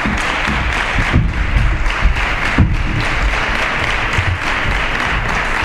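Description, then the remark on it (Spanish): Steady, sustained applause from an audience for four guests, including directors of cornet and drum bands, a dense wash of many hands clapping at an even level throughout, with a few slightly louder bursts and no speech over it. “A los cuatro, muchísimas gracias, y pido un aplauso para todos ellos, por favor.”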